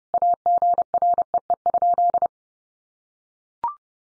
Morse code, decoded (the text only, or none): AGREE?